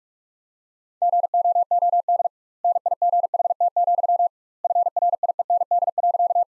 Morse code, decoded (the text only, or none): GOOD NIGHT, FRIEND.